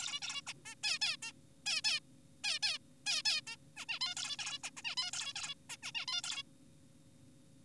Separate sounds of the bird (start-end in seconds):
0.00-0.20, 0.22-0.42, 0.47-0.53, 0.66-0.75, 0.83-0.98, 1.02-1.17, 1.23-1.32, 1.66-1.81, 1.84-2.00, 2.44-2.59, 2.63-2.79, 3.06-3.23, 3.25-3.41, 3.47-3.56, 3.77-3.85, 3.89-3.99, 4.01-4.15, 4.17-4.37, 4.39-4.59, 4.64-4.71, 4.77-4.82, 4.85-4.95, 4.97-5.11, 5.13-5.33, 5.36-5.54, 5.70-5.76, 5.83-5.92, 5.95-6.06, 6.08-6.22, 6.24-6.43